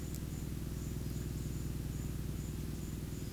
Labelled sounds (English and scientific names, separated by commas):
none